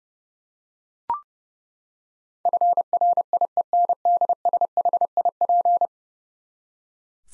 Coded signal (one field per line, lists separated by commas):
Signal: Morse code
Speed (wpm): 32 wpm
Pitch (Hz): 700 Hz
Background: none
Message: FRIENDSHIP